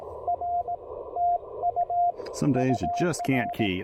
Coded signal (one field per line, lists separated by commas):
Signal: Morse code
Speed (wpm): 18 wpm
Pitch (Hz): 690 Hz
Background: speech, radio noise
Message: R TU UR